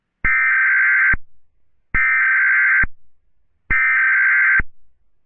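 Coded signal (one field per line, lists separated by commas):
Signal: Emergency Alert System (SAME) tones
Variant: header bursts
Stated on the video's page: Simulated recreation of EAS tones for a fictional dramatized alert scenario, not a real alert.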